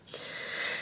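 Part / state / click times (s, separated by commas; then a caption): test stick into digital ovulation test holder / seated / 0.1 s. A plastic test stick is slotted into a Clearblue Advanced Digital Ovulation Test holder, giving a short, sharp click at 0.1 s followed by a steady hiss-like rustle to the end. The stick clicks into place and is seated in the holder.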